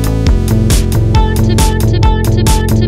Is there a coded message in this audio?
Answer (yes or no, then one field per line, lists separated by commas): no